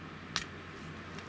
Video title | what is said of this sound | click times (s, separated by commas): GHD Platinum Plus S8T262 Mains Cable Change | And then just push until you hear it click. That's it. | 0.4 s